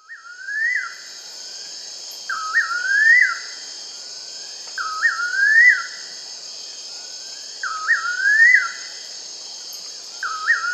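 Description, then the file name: Bird repeating rising whistled slurs in phrases about every two and a half seconds, five in all, while a high constant hiss continues. "SABIOD 50 bird 2015"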